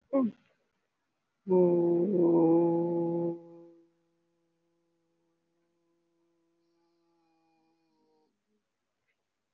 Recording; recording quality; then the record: sustained vowel as in boot; excellent, no background noise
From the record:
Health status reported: COVID-19 positive, mild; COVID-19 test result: positive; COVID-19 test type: RT-PCR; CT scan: taken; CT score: 2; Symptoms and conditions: sore throat, fatigue, muscle pain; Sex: female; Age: 64 years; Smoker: no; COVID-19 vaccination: both doses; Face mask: worn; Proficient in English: yes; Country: India